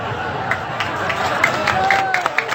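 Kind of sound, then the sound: crowd, audience applause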